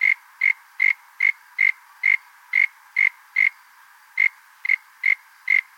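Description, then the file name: Frog calling with short clipped croaks repeated about two or three per second, steady then briefly pausing before resuming in the same rhythm. Australia; species unidentified. "ANIMAL FROG 01 UNKNOWN AUSTRALIAN 02"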